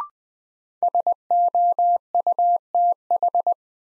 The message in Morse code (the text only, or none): SOUTH